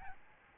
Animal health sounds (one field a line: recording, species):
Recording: mosquito wingbeat signal from an infrared sensor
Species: Aedes albopictus